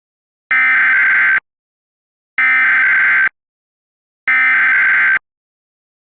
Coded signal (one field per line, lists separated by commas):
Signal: Emergency Alert System (SAME) tones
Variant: header bursts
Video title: Wow! Wow! Wubbzy! (EAS Scenario)